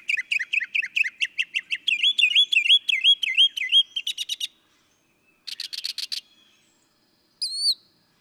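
Northern mockingbird song: a fast stream of repeated slurred whistled notes, then after a pause a short run of rapid notes and, after silence, a single high whistled phrase.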